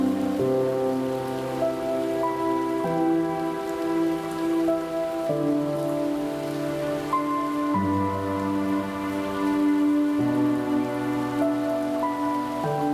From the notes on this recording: the gentle lullabies of the rain